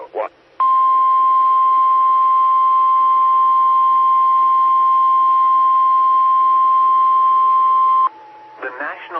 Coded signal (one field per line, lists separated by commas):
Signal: Emergency Alert System (SAME) tones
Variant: 1050 Hz attention tone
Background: speech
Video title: 2018-04-03 - W5RHS SKYWARN Repeater System 147.1200 and 146.8050 MHz